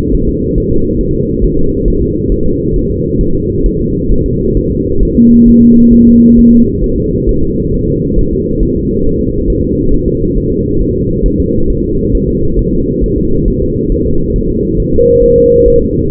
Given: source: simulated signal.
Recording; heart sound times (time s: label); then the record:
fetal heart sounds
0.15 s: S1
0.29 s: S2
0.58 s: S1
0.72 s: S2
1.01 s: S1
1.15 s: S2
1.44 s: S1
1.59 s: S2
1.88 s: S1
2.02 s: S2
2.32 s: S1
2.46 s: S2
2.76 s: S1
2.91 s: S2
3.21 s: S1
3.35 s: S2
3.66 s: S1
3.80 s: S2
4.12 s: S1
4.26 s: S2
4.57 s: S1
4.72 s: S2
5.03 s: S1
5.17 s: S2
5.48 s: S1
5.62 s: S2
5.93 s: S1
6.08 s: S2
6.39 s: S1
6.53 s: S2
6.84 s: S1
6.98 s: S2
7.29 s: S1
7.43 s: S2
7.74 s: S1
7.88 s: S2
8.19 s: S1
8.33 s: S2
8.63 s: S1
8.77 s: S2
9.07 s: S1
9.21 s: S2
9.50 s: S1
9.64 s: S2
9.94 s: S1
10.08 s: S2
10.38 s: S1
10.52 s: S2
10.82 s: S1
10.96 s: S2
11.26 s: S1
11.40 s: S2
11.70 s: S1
11.84 s: S2
12.15 s: S1
12.29 s: S2
12.59 s: S1
12.73 s: S2
13.04 s: S1
13.18 s: S2
13.48 s: S1
13.62 s: S2
13.92 s: S1
14.06 s: S2
14.36 s: S1
14.50 s: S2
14.80 s: S1
14.94 s: S2
15.24 s: S1
15.38 s: S2
15.68 s: S1
15.82 s: S2
From the record:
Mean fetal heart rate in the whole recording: 135 bpm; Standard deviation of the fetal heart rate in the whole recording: 3 bpm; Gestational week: 36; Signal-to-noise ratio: -16.4 dB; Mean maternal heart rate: 72 bpm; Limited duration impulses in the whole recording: present